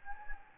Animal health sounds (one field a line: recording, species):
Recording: mosquito wingbeat signal from an infrared sensor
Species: Anopheles gambiae